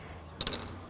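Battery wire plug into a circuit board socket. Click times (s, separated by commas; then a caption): 0.4 s. A battery's wire plug, metal contacts facing down, is pressed into the socket marked "battery" on a solar light circuit board. It seats with a sharp click at 0.4 s, followed by two softer ticks at about 0.5 s and 0.5 s against a quiet, low hum. The connector is seated.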